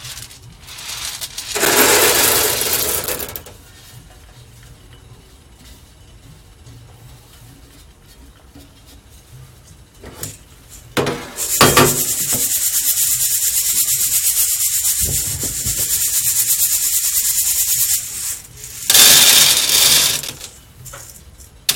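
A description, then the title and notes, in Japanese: Mocha blend coffee beans being roasted, with rough rushing hiss that comes and goes. A loud burst near two seconds gives way to a quieter low rumble, then a bright, steady hiss runs from about eleven to eighteen seconds, topped by a sharper surge near nineteen. 今朝は”モカブレンド”を焙煎。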